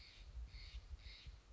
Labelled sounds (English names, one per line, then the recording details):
Steller's Jay
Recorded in Sonoma County, California